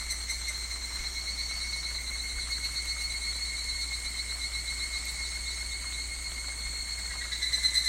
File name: higurashi